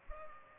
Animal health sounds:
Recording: mosquito wingbeat signal from an infrared sensor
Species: Culex pipiens

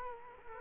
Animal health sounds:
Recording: mosquito wingbeat signal from an infrared sensor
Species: Culex quinquefasciatus

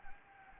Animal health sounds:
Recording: mosquito wingbeat signal from an infrared sensor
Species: Anopheles gambiae

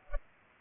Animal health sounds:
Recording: mosquito wingbeat signal from an infrared sensor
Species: Culex pipiens

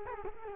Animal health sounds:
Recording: mosquito wingbeat signal from an infrared sensor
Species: Culex quinquefasciatus

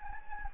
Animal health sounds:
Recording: mosquito wingbeat signal from an infrared sensor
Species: Anopheles gambiae

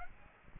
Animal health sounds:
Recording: mosquito wingbeat signal from an infrared sensor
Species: Aedes aegypti

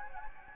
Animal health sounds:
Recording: mosquito wingbeat signal from an infrared sensor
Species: Anopheles gambiae

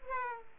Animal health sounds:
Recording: mosquito wingbeat signal from an infrared sensor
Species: Aedes aegypti

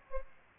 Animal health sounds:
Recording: mosquito wingbeat signal from an infrared sensor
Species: Aedes aegypti

